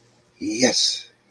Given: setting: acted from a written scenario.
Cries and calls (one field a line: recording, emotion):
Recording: vocal sound without words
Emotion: interest